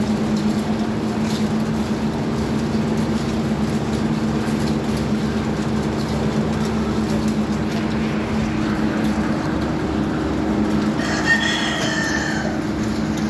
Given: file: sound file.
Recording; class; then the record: poultry; feeding with fan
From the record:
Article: Edge intelligence for poultry welfare: Utilizing tiny machine learning neural network processors for vocalization analysis